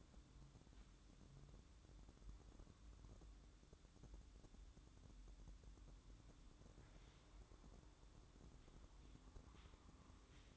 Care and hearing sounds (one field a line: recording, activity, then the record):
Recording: daily activity, microphone in the room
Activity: start toaster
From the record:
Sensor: 3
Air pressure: 1007.1 hPa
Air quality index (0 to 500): 55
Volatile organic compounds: 1 ppm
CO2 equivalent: 594 ppm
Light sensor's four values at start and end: 7/17/7/7 and 8/17/7/7